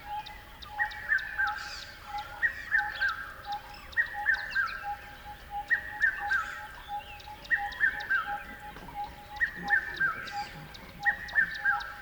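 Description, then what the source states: Bird repeating a short falling three-note figure at a steady pace, accompanied by a steady lower pulse and many faint high ticking chirps. River at dawn.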